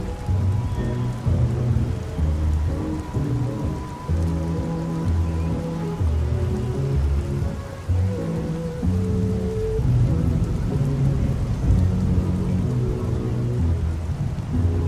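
Oldies play in another room, low bass notes and held chords changing every second or so under a constant, rain-like wash of traffic.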